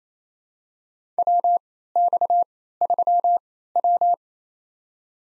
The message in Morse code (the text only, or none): WX3W